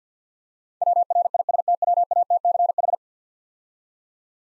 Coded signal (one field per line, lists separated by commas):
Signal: Morse code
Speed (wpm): 50 wpm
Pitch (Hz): 700 Hz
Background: none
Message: WRISTWATCH